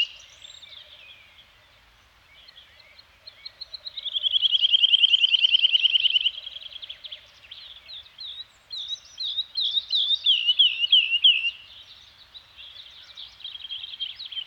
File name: Nature Soundscape - Scandinavian Forest Environment with Birds Singing